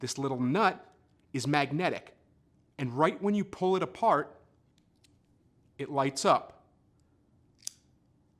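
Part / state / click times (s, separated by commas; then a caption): pocket flashlight body into its magnetic keychain base / seated / 7.7 s. A small keychain flashlight is pushed back onto its magnetic nut base, which also holds it on a keychain; pulling the light off the base turns it on. Someone talks, then the flashlight body snaps onto the base with a sharp click at 7.7 s, held in place by a very strong magnet.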